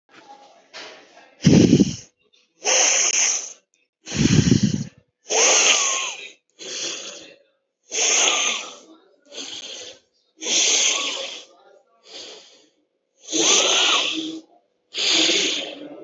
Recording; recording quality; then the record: deep breathing; excellent, no background noise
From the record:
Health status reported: respiratory illness, not identified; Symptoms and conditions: none ticked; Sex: female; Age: 26 years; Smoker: not ticked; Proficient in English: yes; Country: India